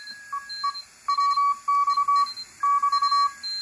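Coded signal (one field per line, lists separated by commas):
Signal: Morse code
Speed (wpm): 25 wpm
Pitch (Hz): 1120 Hz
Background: none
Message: EE WX <BT>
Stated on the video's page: Heard on 40 meters in the morning with a simple homebrew direct-conversion receiver.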